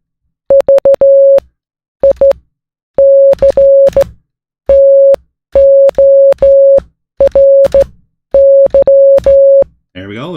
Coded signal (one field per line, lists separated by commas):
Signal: Morse code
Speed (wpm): 15 wpm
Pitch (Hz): 550 Hz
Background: speech, music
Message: VICTORY